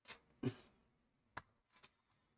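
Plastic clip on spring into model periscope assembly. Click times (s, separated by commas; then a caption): 1.4 s. A small plastic clip at the end of a spring is pressed into the periscope assembly of a scale model U96 U-boat submarine. After a few soft handling knocks, a sharp, bright click sounds at 1.4 seconds, followed by faint rustling. The clip has clicked into place.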